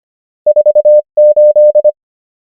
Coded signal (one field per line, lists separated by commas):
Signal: Morse code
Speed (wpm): 25 wpm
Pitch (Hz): 600 Hz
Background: none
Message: 4 8